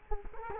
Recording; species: mosquito wingbeat signal from an infrared sensor; Culex quinquefasciatus